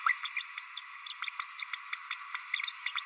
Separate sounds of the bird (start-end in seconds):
0.06-0.13, 0.23-0.29, 0.36-0.43, 0.57-0.63, 0.92-0.96, 1.06-1.13, 1.22-1.29, 1.39-1.46, 1.58-1.63, 1.73-1.79, 1.92-1.98, 2.10-2.15, 2.34-2.39, 2.63-2.72, 2.86-2.91, 2.96-3.02